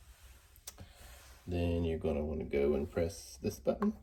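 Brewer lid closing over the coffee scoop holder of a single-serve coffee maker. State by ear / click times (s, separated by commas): seated / 0.6 s, 0.7 s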